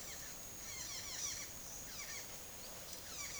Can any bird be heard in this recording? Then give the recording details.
yes. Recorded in secondary vegetation near Puerto Asís, Putumayo, Colombia, on 22 June 2025 at 11:30. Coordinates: 0.489, -76.322. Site G021